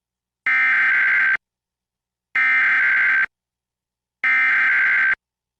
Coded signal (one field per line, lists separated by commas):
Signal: Emergency Alert System (SAME) tones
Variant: header bursts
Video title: Ventura Required Monthly Test (EAS #1209-1222) 9/5/23